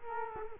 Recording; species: mosquito wingbeat signal from an infrared sensor; Culex quinquefasciatus